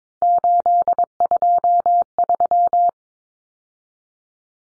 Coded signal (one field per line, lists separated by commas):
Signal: Morse code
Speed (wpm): 22 wpm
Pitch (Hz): 700 Hz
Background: none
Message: 823